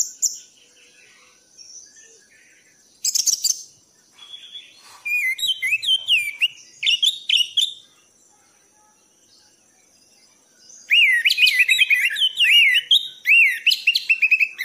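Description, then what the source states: Thrush song in scattered bursts: sharp notes, then a long vigorous stretch of rapid rolling whistles and chatter. Masteran (tutor) recording for training cage birds; song in the gacor teler style.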